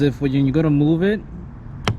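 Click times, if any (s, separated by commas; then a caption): 1.9 s. Someone talks while refitting the side mirror on a 2023 Honda Civic Type R FL5 after installing carbon fiber mirror caps, pressing the mirror glass's plastic backing onto the mirror's two white retaining tabs. A sharp click is heard at 1.9 s, showing the glass has seated correctly on the tabs.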